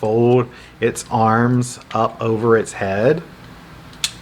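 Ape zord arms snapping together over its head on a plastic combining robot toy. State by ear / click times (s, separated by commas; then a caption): partly seated / 4.0 s. Someone talks while the plastic arms of the ape zord on a Bandai of America Samurai Megazord combining robot toy are folded up over its head and snapped together. A single short, weak click is heard at 4.0 s. The join does not click well but still holds.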